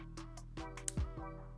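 A stripped wire is pushed into a Klippon Connect screwless snap-in terminal block until the preloaded clamp releases, giving a sharp, very brief click at 0.9 s over steady background music, confirming a secure connection.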